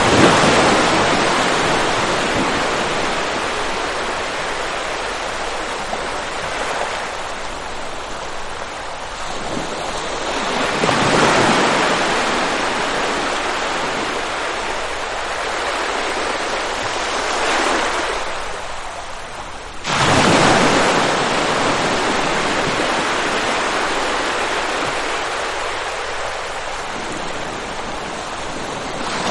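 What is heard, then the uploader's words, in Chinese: Big ocean waves roll in with a constant, dense hiss of churning water that fills the whole clip. Breakers swell and crash around 11, 18 and 20 seconds, the last arriving abruptly and loudly before easing back into steady surf. 大海浪。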